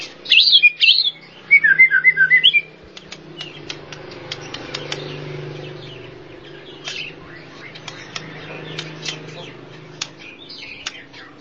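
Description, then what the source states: Bird song in two short, bright chattering bursts in the first seconds, followed by a low hum and scattered clicks. Complete 'masteran' style bird chirping.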